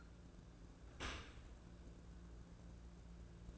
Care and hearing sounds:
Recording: daily activity, microphone in the room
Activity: open dishwasher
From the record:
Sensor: 2

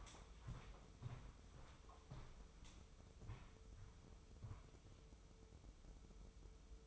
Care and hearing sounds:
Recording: daily activity, microphone in the room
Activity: walk to room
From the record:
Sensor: 1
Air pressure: 995.7 hPa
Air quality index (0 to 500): 37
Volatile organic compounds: 1 ppm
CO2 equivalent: 631 ppm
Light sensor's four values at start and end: 30/102/39/41 and 31/106/41/42

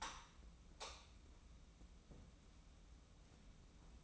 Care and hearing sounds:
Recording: daily activity, microphone in the room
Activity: light off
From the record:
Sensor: 1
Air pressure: 994.5 hPa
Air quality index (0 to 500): 226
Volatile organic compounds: 1000 ppm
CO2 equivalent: 8124 ppm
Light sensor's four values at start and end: 154/356/158/174 and 151/342/154/169

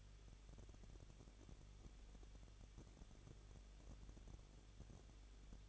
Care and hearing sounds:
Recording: daily activity, microphone in the room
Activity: no activity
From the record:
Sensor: 4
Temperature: 23.0 degrees Celsius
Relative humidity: 34.4%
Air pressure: 1007.3 hPa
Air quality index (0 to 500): 216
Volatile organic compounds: 15 ppm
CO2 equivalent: 2502 ppm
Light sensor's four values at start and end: 2/3/1/1 and 2/3/1/1

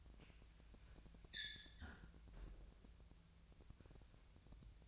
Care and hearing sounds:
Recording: daily activity, microphone in the room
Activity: close fridge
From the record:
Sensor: 2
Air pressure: 999.9 hPa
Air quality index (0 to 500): 124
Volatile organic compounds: 2 ppm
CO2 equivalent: 1062 ppm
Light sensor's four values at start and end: 31/79/33/37 and 31/78/33/37

